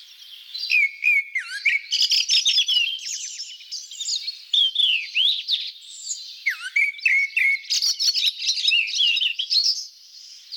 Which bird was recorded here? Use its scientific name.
Turdus hortulorum